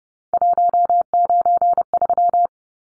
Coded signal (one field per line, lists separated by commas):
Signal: Morse code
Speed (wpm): 30 wpm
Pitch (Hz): 700 Hz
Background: none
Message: 193